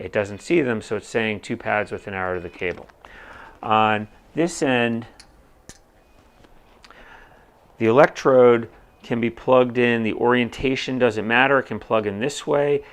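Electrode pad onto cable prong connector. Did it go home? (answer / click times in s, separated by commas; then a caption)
yes / 5.7 s, 6.8 s. Electrode pads are pushed onto the prong connectors of a therapy cable, snapping into place with sharp clicks at about 5.7 s and 6.8 s during a quiet gap, and the pads are seated. Someone talks before and after the clicks.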